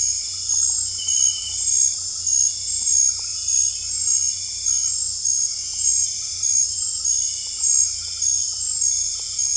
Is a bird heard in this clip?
no